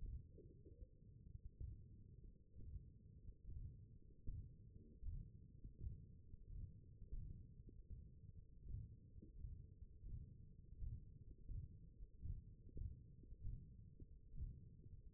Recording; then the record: forearm muscle sounds (acoustic myography)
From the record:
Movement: hand opening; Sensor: system 1, eight BSWA MPA416 microphones around the upper forearm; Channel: 1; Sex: male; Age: 21 years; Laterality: right